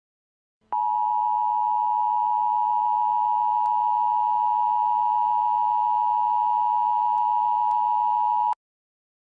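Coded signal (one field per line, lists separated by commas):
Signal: Emergency Alert System (SAME) tones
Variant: 853 and 960 Hz attention tone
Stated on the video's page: Simulated EAS tones from a fictional EAS scenario.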